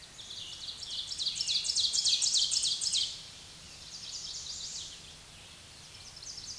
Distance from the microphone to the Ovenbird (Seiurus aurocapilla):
about 15 m